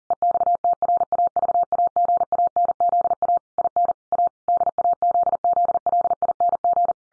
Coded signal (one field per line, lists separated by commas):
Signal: Morse code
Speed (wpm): 40 wpm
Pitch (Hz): 700 Hz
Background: none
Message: EXTRAVAGANZA IN A DAZZLING